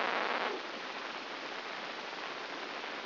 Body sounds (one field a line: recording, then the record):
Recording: brain microelectrode recording played as sound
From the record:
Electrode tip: inside the subthalamic nucleus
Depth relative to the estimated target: -1 mm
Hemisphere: left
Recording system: AlphaMap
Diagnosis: Parkinson's disease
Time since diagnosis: 15 years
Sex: female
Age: 68 years